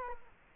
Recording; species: mosquito wingbeat signal from an infrared sensor; Culex quinquefasciatus